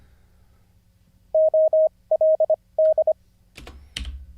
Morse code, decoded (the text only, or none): OLD